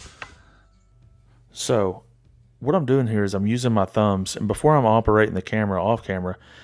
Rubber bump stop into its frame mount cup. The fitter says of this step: getting my body sort of up under here where i can put some leverage and just push it in there until you hear it pop